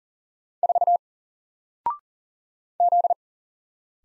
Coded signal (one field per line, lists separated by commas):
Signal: Morse code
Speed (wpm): 42 wpm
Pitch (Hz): 700 Hz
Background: none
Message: 4 Z